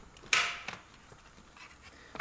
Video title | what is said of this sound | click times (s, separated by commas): THULE Yepp Maxi Kinder-Fahrradsitz Montage | macht es klick und das ding ist montiert | 0.3 s